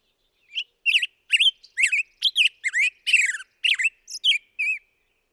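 Black-headed grosbeak singing a continuous run of rich, sweet whistled notes that swoop up and down, delivered quickly and somewhat irregularly with tiny gaps.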